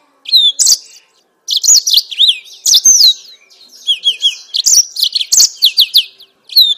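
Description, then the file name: Yellow-fronted canary song in short bursts: sweet, high, down-slurred whistles mixed with rattling trills, separated by brief silences. Mozambique singer used as a bird-keepers' training recording for captive birds. "mozambik omkicau"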